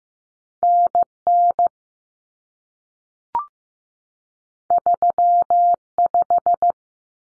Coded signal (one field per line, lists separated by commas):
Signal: Morse code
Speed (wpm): 15 wpm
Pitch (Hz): 700 Hz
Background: none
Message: NN 35